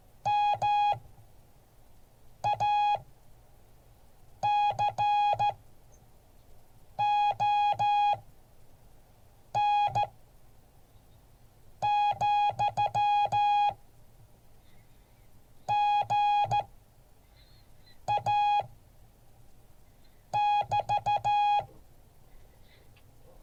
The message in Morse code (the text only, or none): MACON, GA <BT>